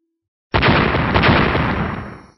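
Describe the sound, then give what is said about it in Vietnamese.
A sudden loud explosion bursts into a continuous roaring rumble, with overlapping blasts punching through, eight explosions in succession, before the noise gradually fades away. No voices. “Liên tục 8 tiếng nổ truyền ra.”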